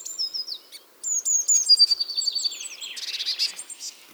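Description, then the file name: Eurasian blue tit singing: thin high notes sliding downward, then a fast, even trill and a brief buzzy burst near the end. "Cyanistes caeruleus"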